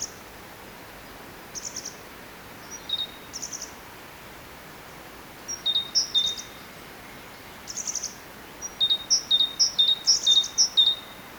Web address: SETE data Parus major